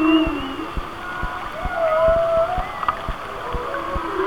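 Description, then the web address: Whale song: a low groan opens, then a clear level whistle is held briefly, with faint upper squeaks and scattered clicking throughout. "Natures Songs Whale Songs Whale Songs"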